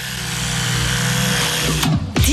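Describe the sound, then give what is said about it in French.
An Oral-B Pro 750 electric toothbrush buzzes with a steady, loud, high-pitched motor whine for about two seconds, then falters with quick pitch shifts and swoops near the end. No one speaks. “c'est le prix de notre brosse à dents électrique Oral-B Pro 750 et de son étui de voyage.”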